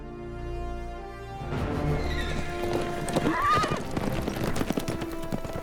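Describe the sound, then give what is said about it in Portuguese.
Horse hooves clip-clop in a steady rhythm while a horse lets out a high, wavering neigh, all over a dense, loud wash of background noise. “Você já andou de cavalo?”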